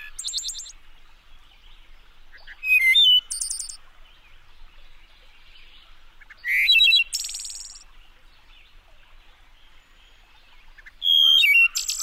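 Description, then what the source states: Wood Thrush singing three separate flute-like phrases, about four seconds apart, each one closing with a bright, rapid, buzzy high trill over soft background hiss. Late April day in a deep ravine in the Smoky Mountains.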